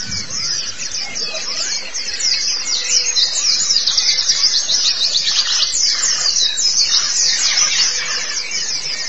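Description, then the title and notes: White-eye song: intense high chattering twitter that swells and stays loud and continuous, with faint lower notes mixed in. Chirping song. "Kicauan Burung Pleci Durasi Panjang. Suara kicauan burung pleci"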